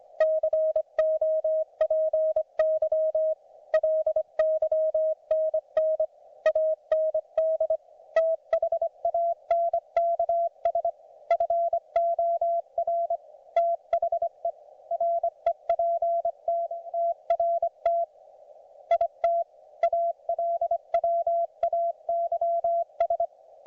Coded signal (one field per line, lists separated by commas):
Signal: Morse code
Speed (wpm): 25 wpm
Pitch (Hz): 690 Hz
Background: none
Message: COPY LYNN AND THANKS FOR THE REPT TRT IT ALWAYS